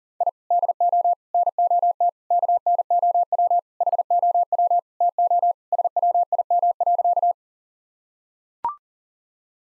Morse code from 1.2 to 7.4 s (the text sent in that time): NOT KNOW HOW TO SWIM.